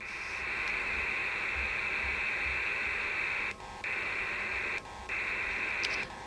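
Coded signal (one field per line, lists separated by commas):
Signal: HF data modem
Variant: PACTOR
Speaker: and then we'll switch rolls and I'll actually send my message out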